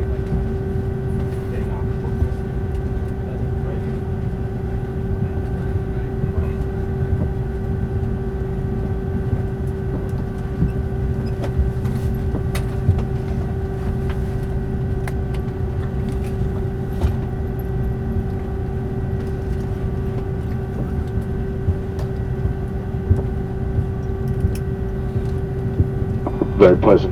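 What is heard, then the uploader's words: Steady, dense low rumble of an airliner taking off, with a constant engine whine, scattered faint clicks, and a brief louder rattle near the end. Takeoff At SJC.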